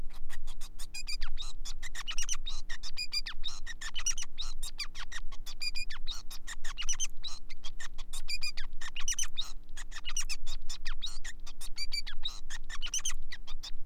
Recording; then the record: song of a male Bengalese finch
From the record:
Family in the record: son of father 5